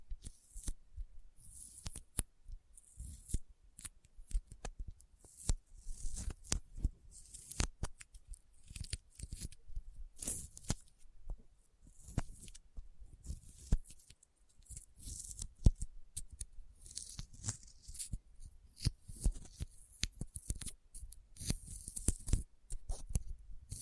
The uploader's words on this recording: ASMR Intense Sticky Finger Sounds (No Talking).